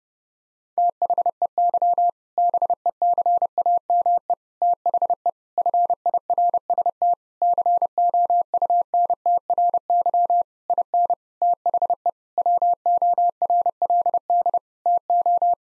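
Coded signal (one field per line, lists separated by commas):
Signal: Morse code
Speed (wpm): 32 wpm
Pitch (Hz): 700 Hz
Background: none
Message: THEY BECAME THE FIRST COUNTRY IN THE WORLD TO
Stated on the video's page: Morse practice at 30 wpm: sentences of common eight-word phrases, sent, spoken, then sent again, for head-copy training.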